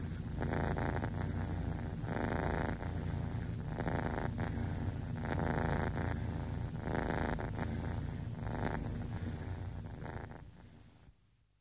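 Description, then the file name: Cat purring in a steady low rumble, pulsing with each breath, fading out at the end. "gatti cats"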